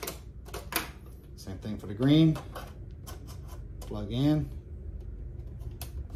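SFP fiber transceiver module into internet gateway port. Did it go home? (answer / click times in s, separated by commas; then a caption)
yes / 5.8 s. A green SFP fiber transceiver module is pushed into the SFP port on an AT&T fiber internet gateway while someone talks. It latches with a sharp click at 5.8 s, and the module is seated.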